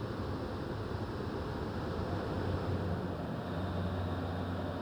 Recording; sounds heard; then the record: poultry house recording; no chicken sound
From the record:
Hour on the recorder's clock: 23